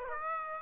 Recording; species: mosquito wingbeat signal from an infrared sensor; Aedes aegypti